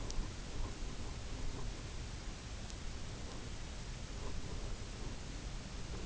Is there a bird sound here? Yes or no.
no